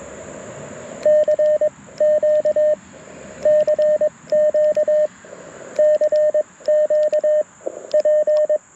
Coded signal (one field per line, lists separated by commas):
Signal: Morse code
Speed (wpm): 21 wpm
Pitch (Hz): 590 Hz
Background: radio noise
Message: CQ CQ CQ P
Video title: Saturday Morning QRP CW POTA Activation - 08/05/2023 @ K-4451